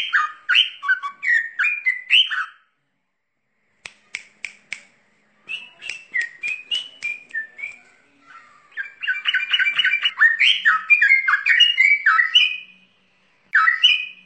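Bird song of varied whistled phrases, rising and falling slurs in quick runs, broken by short pauses and a few sharp clicking notes.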